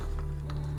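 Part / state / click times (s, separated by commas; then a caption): plastic part into a scale ship model assembly / not seated / none. A plastic part is handled against the port side of a 1/200 scale Agora Models R.M.S. Titanic model, with its pegs being lined up to fit into place. Two faint, brief handling ticks come at about 0.2 and 0.5 seconds over a steady low hum. Nothing has seated or clicked into place yet.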